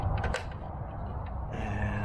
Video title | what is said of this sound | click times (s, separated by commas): Aiper Pool Cleaner: Corrosion Protection & 4 Month Review | got these little holes and these uh bottom clips just snap right in there and that | 0.4 s